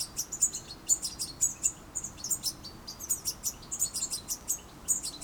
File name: Carduelis carduelis